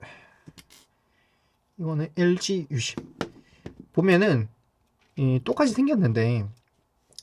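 An ejector pin is pushed into the SIM tray hole at the top of a Galaxy Note 10 smartphone, and the SIM card tray releases with a short, sharp click at 0.6 s. Someone then talks for most of the clip, and two faint ticks are heard near the end at about 7.1 and 7.2 s.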